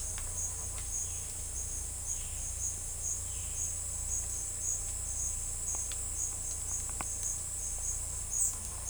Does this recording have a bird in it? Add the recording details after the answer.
no. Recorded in secondary vegetation near Puerto Asís, Putumayo, Colombia, on 18 December 2024 at 10:30. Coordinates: 0.481, -76.318. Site G042